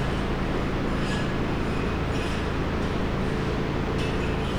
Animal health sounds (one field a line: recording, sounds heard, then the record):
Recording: poultry house recording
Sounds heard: no chicken sound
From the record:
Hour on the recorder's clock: 17